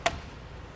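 The release on the wheel mount of a Kuat NV 2.0 hitch platform bike rack for 2 bikes, fitted to a 2020 Toyota Tacoma, is pushed in. A single short, sharp click sounds at 0.1 s, then only quiet low background remains. The mount is released and lifts up.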